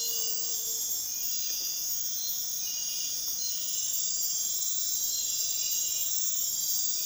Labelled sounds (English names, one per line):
none